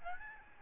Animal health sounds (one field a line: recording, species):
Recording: mosquito wingbeat signal from an infrared sensor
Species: Aedes albopictus